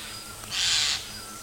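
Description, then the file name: Eurasian jay giving a single harsh, rasping screech lasting about half a second, with a faint high steady hiss behind it. "Garrulus glandarius"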